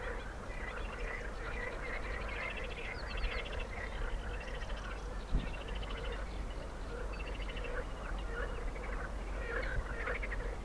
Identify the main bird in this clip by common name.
Corn Crake